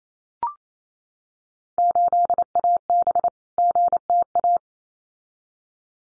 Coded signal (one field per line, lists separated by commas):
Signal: Morse code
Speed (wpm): 28 wpm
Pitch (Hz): 700 Hz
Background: none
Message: 8AB GTA